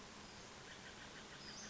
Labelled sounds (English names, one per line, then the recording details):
Western Flycatcher
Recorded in Sonoma County, California